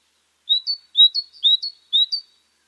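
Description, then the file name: Great tit singing four two-part phrases, each a sharp high whistle then a brief higher note, evenly spaced with nothing else audible. "Parus major"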